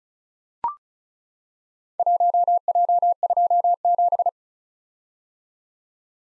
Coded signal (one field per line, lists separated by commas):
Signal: Morse code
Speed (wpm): 36 wpm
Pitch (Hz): 700 Hz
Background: none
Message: 1J27